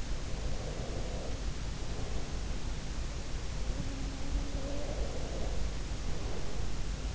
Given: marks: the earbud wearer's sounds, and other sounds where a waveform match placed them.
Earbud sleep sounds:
sounds in sleep by an in-ear microphone; breath
0.30-2.41 s: breath
3.16-7.15 s: sound from someone else or the room
4.69-7.15 s: breath

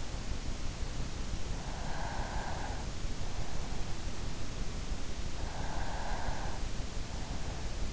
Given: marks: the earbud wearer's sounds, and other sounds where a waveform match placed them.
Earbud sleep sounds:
sounds in sleep by an in-ear microphone; breath
1.67-3.38 s: breath
5.38-6.98 s: breath

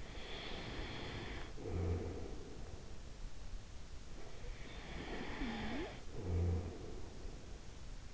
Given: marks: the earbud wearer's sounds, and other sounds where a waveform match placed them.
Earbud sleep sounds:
sounds in sleep by an in-ear microphone; breath, snoring breath
0.00-2.82 s: breath
4.02-7.62 s: snoring breath

